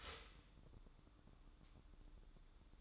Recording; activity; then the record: daily activity, microphone in the room; start toaster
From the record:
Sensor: 3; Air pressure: 1007.1 hPa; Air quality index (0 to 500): 56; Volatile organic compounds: 1 ppm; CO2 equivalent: 598 ppm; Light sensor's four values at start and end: 9/20/8/8 and 9/20/8/8